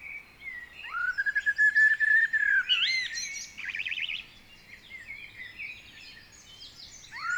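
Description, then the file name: Common blackbird song: a long, even fluty whistle with quick pulses, ending in a thin, high twittering flourish; quieter chirps continue afterwards. "Turdus merula"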